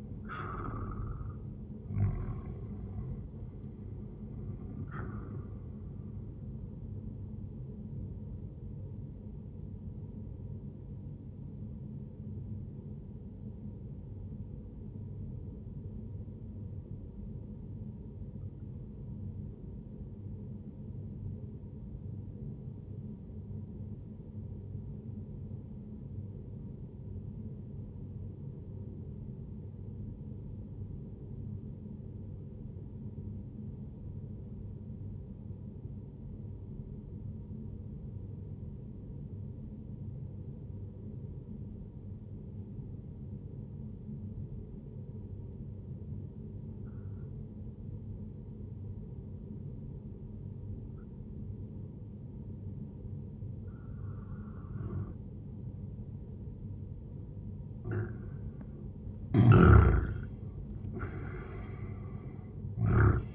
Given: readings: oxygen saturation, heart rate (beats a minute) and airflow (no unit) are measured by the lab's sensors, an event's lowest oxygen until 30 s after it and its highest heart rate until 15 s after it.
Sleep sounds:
breathing in sleep by a smartphone at the bedside; 1
8.00-38.00 s: new sleep stage, N1 (lightest sleep)
14.00-57.80 s: obstructive apnea (N1, oxygen 97% highest, then 90% lowest, heart rate 62 at the start, 78 highest)
38.00-63.35 s: new sleep stage, N2 (light sleep)
From the record:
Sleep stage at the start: N2 (light sleep); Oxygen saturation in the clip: 90 to 97%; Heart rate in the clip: 59 to 75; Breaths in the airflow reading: 3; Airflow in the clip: -10.3 to 11.3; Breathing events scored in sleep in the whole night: 131 in 7.2 hours asleep

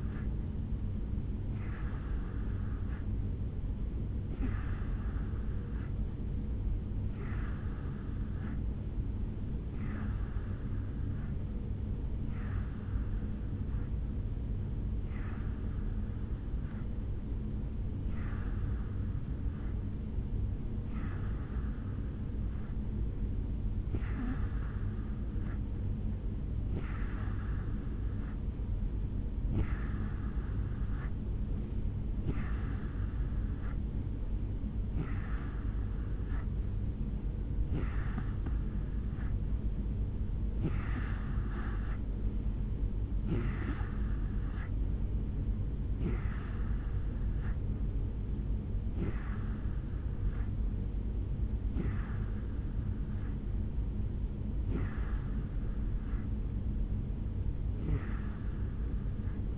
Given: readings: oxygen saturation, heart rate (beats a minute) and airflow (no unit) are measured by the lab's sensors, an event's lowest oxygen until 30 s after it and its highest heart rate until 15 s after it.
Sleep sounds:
breathing in sleep by a smartphone at the bedside; none
none scored
From the record:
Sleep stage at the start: N3 (deep sleep); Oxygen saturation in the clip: 87 to 90%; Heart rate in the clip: 68 to 71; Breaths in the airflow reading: 22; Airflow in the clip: -3.5 to 2.5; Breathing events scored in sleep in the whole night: 449 in 7.0 hours asleep

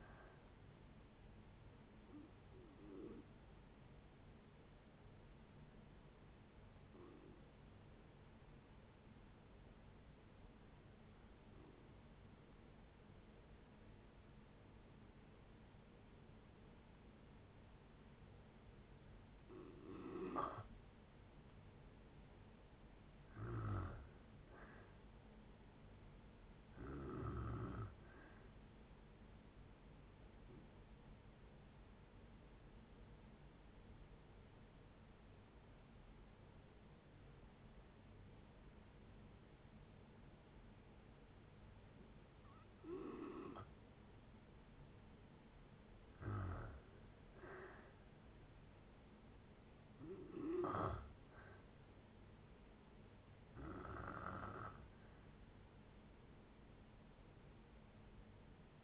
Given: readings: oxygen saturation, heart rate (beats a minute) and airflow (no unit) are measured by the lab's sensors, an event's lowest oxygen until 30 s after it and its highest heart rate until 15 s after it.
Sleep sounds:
breathing in sleep by a voice recorder at the bedside; 2
6.00-24.70 s: hypopnea (N1, oxygen 95% highest, then 89% lowest, heart rate 61 at the start, 68 highest)
15.00-58.84 s: new sleep stage, N2 (light sleep)
32.00-46.90 s: hypopnea (N2, oxygen 95% highest, then 88% lowest, heart rate 66 at the start, 67 highest)
From the record:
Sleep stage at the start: N1 (lightest sleep); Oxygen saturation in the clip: 75 to 95%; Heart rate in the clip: 57 to 73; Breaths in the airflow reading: 14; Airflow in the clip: -7.8 to 6.9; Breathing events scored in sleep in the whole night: 496 in 5.4 hours asleep

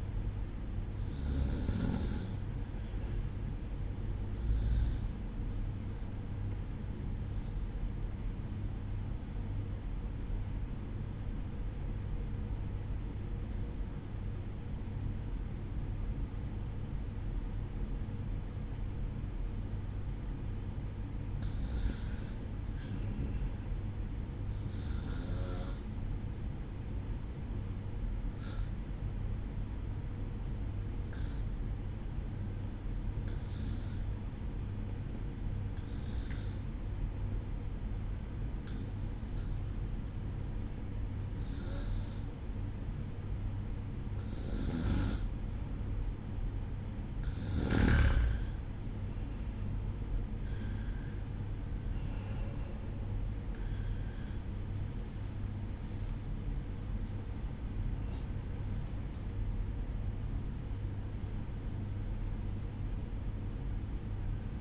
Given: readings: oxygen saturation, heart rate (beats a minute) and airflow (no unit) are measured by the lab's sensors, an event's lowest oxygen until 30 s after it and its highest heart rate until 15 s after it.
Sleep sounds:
breathing in sleep by a smartphone at the bedside; 1
6.00-44.90 s: hypopnea (REM, oxygen 95% highest, then 91% lowest, heart rate 59 at the start, 70 highest)
48.00-64.61 s: new sleep stage, N1 (lightest sleep)
From the record:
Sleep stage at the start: REM sleep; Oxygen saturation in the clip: 91 to 95%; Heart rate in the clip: 57 to 72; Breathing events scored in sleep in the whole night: 305 in 9.6 hours asleep

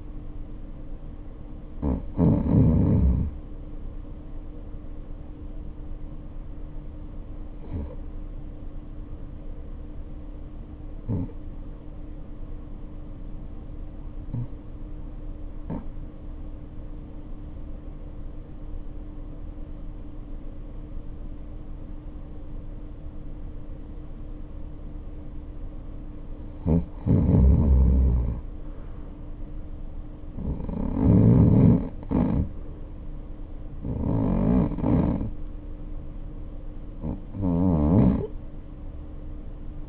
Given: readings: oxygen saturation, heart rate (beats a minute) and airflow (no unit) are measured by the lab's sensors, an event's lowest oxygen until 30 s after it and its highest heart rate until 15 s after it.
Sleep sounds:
breathing in sleep by a smartphone at the bedside; 1
5.00-24.30 s: obstructive apnea (N2, oxygen 93% highest, then 88% lowest, heart rate 50 at the start, 63 highest)
From the record:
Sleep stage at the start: N2 (light sleep); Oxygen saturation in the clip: 88 to 93%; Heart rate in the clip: 48 to 63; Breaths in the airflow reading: 8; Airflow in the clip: -0.6 to 0.6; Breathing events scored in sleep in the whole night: 520 in 7.2 hours asleep

